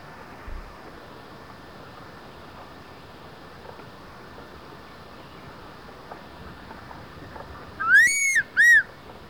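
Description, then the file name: Crested serpent eagle giving a clear ringing whistle near the end that rises then falls, followed by a shorter whistled note, over faint background hiss. Call, March 2000 at Palsamba, Kolhapur. "Crested serpent eagle call recorded in March 2000 at Palsamba, Kolhapur"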